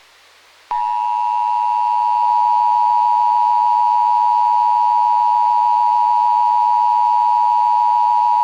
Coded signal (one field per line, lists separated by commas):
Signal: Emergency Alert System (SAME) tones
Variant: 853 and 960 Hz attention tone